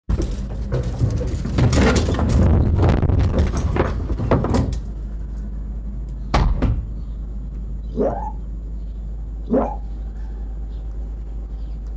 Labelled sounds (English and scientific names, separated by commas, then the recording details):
Arctic Fox (Vulpes lagopus) barking
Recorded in captivity
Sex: pair
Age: adult
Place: Zoologisches Institut der HUB, Berlin, DE
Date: 1957-03-10 12:30
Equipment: Elmetra
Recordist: Tembrock, Günter